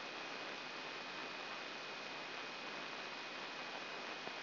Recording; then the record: brain microelectrode recording played as sound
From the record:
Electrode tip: inside the subthalamic nucleus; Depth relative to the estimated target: 0 mm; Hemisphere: right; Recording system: AlphaMap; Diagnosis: Parkinson's disease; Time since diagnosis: 9 years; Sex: male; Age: 68 years